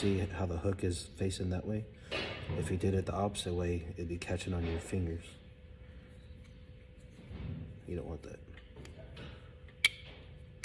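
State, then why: Seated. Someone talks while twisting a metal clip closed on a wire fishing rig, with faint small clinks under the quieter second half. A sharp metallic click at 9.8 s marks the clip snapping shut, confirming it is seated and the rig is done.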